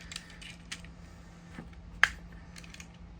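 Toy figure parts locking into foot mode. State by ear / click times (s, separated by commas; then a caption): seated / 2.0 s. The arms of a plastic construction-vehicle toy from the Transformers Studio Series 86 Devastator are brought up and the combiner part is pushed into its foot configuration. A few light plastic clicks and rattles come before one loud, sharp snap at 2.0 s. The part locks into place and the foot is done.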